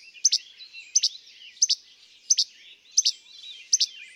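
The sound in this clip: Least flycatcher repeating a crisp, dry che-bek, six times in about four seconds, each a quick doubled snap.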